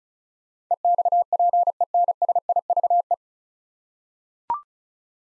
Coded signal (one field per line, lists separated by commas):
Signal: Morse code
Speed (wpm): 36 wpm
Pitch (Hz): 700 Hz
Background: none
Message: EXPENSIVE